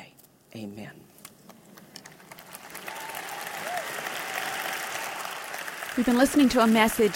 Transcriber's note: applause